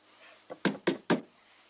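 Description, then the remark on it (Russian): Four quick taps of a finger on a wall-mounted barometer showing wrong readings, a lighter one followed by three sharper, evenly spaced knocks, crisp and brief against a quiet background. “Заметив на нем неверные показания, стучит по нему пальцем.”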